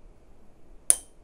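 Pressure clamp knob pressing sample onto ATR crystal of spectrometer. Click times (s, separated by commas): 0.9 s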